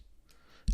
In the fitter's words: and clicks into place now metal on the outside power sleep wake button